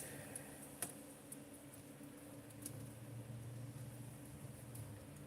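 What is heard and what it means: Someone works the eject on a plastic transforming robot toy, the MT11, and a cassette pops out of its chest compartment with one small, sharp click at 0.8 s, releasing the cassette. A few fainter ticks come at about 0.4, 1.3, 2.7 and 4.8 s over a steady low hum.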